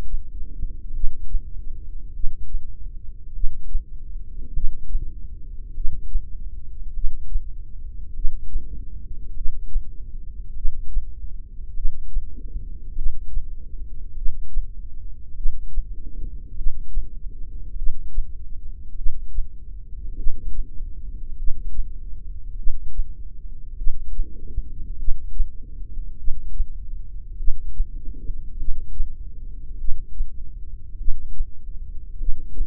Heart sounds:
heart sounds by microphone in the left ear; 50 bpm
0.95 s: heartbeat
2.15 s: heartbeat
3.35 s: heartbeat
4.55 s: heartbeat
5.76 s: heartbeat
6.95 s: heartbeat
8.16 s: heartbeat
9.36 s: heartbeat
10.56 s: heartbeat
11.76 s: heartbeat
12.97 s: heartbeat
14.17 s: heartbeat
15.37 s: heartbeat
16.57 s: heartbeat
17.78 s: heartbeat
18.98 s: heartbeat
20.18 s: heartbeat
21.38 s: heartbeat
22.58 s: heartbeat
23.78 s: heartbeat
24.99 s: heartbeat
26.19 s: heartbeat
27.39 s: heartbeat
28.60 s: heartbeat
29.80 s: heartbeat
31.00 s: heartbeat
32.20 s: heartbeat
From the record:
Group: heart failure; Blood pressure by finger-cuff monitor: 118/65 mmHg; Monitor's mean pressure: 83 mmHg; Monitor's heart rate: 50 bpm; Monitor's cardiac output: 4.6 L/min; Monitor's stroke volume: 92 mL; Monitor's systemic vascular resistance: 1340 dyn s/cm5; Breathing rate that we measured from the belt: 15 breaths a minute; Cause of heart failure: cardiac sarcoid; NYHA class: 1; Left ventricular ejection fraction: 39%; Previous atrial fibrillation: present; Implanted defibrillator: present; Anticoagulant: apixaban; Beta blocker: carvedilol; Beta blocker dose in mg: 50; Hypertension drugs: ramipril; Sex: male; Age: 79 years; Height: 184 cm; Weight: 92.5 kg

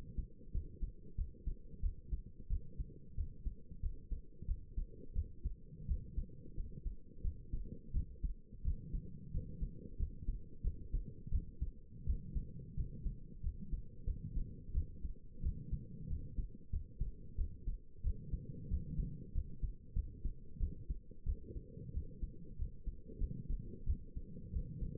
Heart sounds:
heart sounds by stethoscope; 90 bpm
0.53 s: heartbeat
1.17 s: heartbeat
1.82 s: heartbeat
2.49 s: heartbeat
3.17 s: heartbeat
3.82 s: heartbeat
4.47 s: heartbeat
5.15 s: heartbeat
5.88 s: heartbeat
6.57 s: heartbeat
7.23 s: heartbeat
7.93 s: heartbeat
8.64 s: heartbeat
9.33 s: heartbeat
9.99 s: heartbeat
10.63 s: heartbeat
11.31 s: heartbeat
12.06 s: heartbeat
12.76 s: heartbeat
13.43 s: heartbeat
14.06 s: heartbeat
14.74 s: heartbeat
15.42 s: heartbeat
16.09 s: heartbeat
16.72 s: heartbeat
17.37 s: heartbeat
18.03 s: heartbeat
18.70 s: heartbeat
19.34 s: heartbeat
19.95 s: heartbeat
20.59 s: heartbeat
21.25 s: heartbeat
21.93 s: heartbeat
22.58 s: heartbeat
23.20 s: heartbeat
23.86 s: heartbeat
24.52 s: heartbeat
From the record:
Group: healthy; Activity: rest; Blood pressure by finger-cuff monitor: 120/76 mmHg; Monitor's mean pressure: 87 mmHg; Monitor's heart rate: 91 bpm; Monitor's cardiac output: 7 L/min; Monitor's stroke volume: 78 mL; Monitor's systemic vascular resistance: 910 dyn s/cm5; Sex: female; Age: 22 years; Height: 163 cm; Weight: 67.1 kg

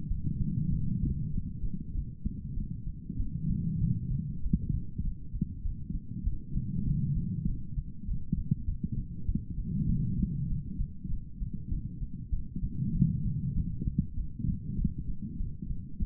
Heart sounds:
heart sounds by stethoscope; 98 bpm
0.09 s: heartbeat
0.70 s: heartbeat
1.32 s: heartbeat
1.93 s: heartbeat
2.55 s: heartbeat
3.18 s: heartbeat
3.80 s: heartbeat
4.41 s: heartbeat
5.03 s: heartbeat
5.64 s: heartbeat
6.25 s: heartbeat
6.86 s: heartbeat
7.46 s: heartbeat
8.06 s: heartbeat
8.66 s: heartbeat
9.27 s: heartbeat
9.87 s: heartbeat
10.48 s: heartbeat
11.09 s: heartbeat
11.70 s: heartbeat
12.31 s: heartbeat
12.93 s: heartbeat
13.54 s: heartbeat
14.15 s: heartbeat
14.77 s: heartbeat
15.38 s: heartbeat
16.00 s: heartbeat
From the record:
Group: healthy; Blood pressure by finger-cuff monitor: 123/79 mmHg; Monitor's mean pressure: 95 mmHg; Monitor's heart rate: 98 bpm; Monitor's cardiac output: 5.9 L/min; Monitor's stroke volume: 60 mL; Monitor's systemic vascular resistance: 1180 dyn s/cm5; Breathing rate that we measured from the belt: 19 breaths a minute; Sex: female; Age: 51 years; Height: 162 cm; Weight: 70.04 kg

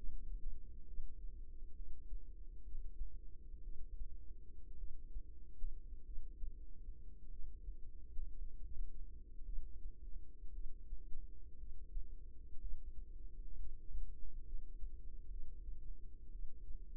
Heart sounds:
heart sounds by microphone in the right ear; 58 bpm
0.85 s: heartbeat
1.73 s: heartbeat
2.61 s: heartbeat
3.61 s: heartbeat
4.76 s: heartbeat
6.03 s: heartbeat
7.28 s: heartbeat
8.37 s: heartbeat
9.44 s: heartbeat
10.52 s: heartbeat
11.57 s: heartbeat
12.59 s: heartbeat
13.56 s: heartbeat
14.43 s: heartbeat
15.28 s: heartbeat
16.30 s: heartbeat
From the record:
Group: healthy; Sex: female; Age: 36 years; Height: 163 cm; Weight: 88 kg

